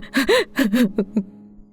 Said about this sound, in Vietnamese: Tiếng khóc của người mẹ vang lên trong đêm, nghe thật thê lương não ruột làm sao.